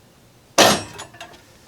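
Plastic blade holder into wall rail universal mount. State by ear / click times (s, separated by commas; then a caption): seated / 1.2 s. A plastic holder with saw blades is pushed into a universal mount on a Ryobi Link wall storage rail, with a loud broadband clattering impact at about 0.6 s that fades out. A short, sharp snap follows at 1.2 s as the holder snaps in place with tight tolerances, seated.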